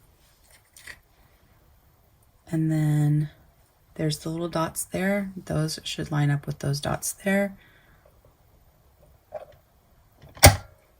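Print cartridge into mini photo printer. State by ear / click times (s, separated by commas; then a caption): seated / 10.4 s. A new print cartridge is lined up by its alignment dots and pushed into a Nelko PP01 mini photo printer while someone talks. After a few soft handling taps, the magnetized cartridge snaps into place with a sharp, loud click at 10.4 s, seating it.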